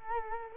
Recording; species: mosquito wingbeat signal from an infrared sensor; Culex quinquefasciatus